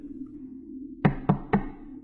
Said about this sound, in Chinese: 正眉飞色舞地关注着频道内情况的023突然听到敲门声，强行下线已经来不及了。